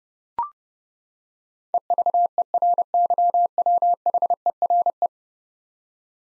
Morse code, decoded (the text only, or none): EVERYWHERE